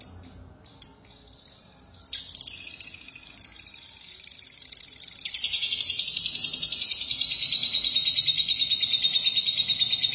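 Lovebird sings, opening with a few sharp squeaks, then launching into a loud, rapid, rattling chatter that continues to the end.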